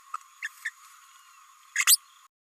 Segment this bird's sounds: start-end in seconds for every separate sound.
0.14-0.16, 0.42-0.48, 0.65-0.70, 1.87-1.97